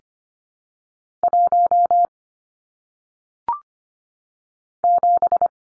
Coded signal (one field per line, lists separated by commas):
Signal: Morse code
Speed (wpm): 25 wpm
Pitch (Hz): 700 Hz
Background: none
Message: 1 7